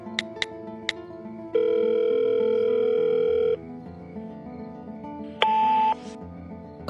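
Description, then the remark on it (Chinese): A few quick taps, then a mobile phone ringback tone as a missed call is returned on a freshly charged phone: one long, steady mid-pitched tone lasting about two seconds, a pause, and a shorter, higher beep. No one speaks. “他赶紧回拨了过去。”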